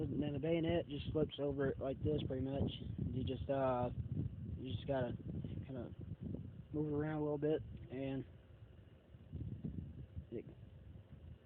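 A steel bayonet is slid over the muzzle end of an M1 Garand-style rifle onto the bayonet lug and wiggled around into position while someone talks. Faint handling sounds follow the talking, but the bayonet has not locked or clicked into place yet.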